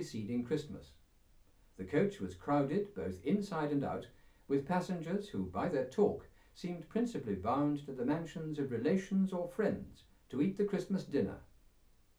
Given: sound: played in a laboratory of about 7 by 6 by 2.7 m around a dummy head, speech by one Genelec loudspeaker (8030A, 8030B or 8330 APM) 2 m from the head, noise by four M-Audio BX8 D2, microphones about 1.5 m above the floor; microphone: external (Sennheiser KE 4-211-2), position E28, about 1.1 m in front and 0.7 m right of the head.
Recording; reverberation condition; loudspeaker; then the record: male speech in English; low; 60 degrees to the left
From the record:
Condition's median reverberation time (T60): about 310 ms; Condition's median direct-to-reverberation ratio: about 3.5 dB